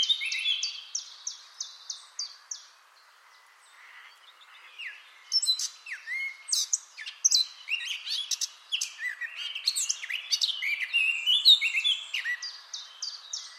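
Eurasian blackcap warbling song: rapid, varied high notes and twittering phrases, a pause of about two seconds from near the third second, then a denser, jumbled stream of chirps.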